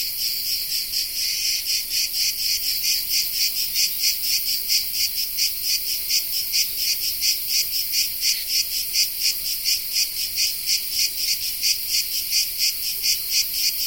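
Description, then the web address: Cicada song: a harsh high-pitched buzz that starts fairly even, then breaks into sharp regular pulses, steady to the end. Cicada of the genus Tettigia recorded in the Peloponnese in the morning. "Peloponnes akustik. Tettigia Cicada"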